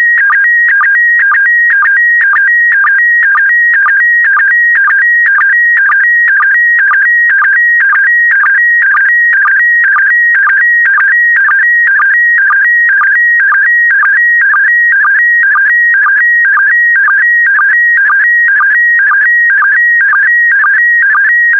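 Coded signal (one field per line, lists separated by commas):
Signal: SSTV (slow-scan television)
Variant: PD120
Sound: warbling, chirping tone with a steady rhythmic tick about twice a second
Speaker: get ready starting transmission in 5 4 3 2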